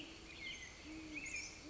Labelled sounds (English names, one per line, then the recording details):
Great Horned Owl
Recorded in Sonoma County, California